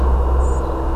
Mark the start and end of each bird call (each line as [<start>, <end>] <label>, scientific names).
[0.40, 0.60] Turdus merula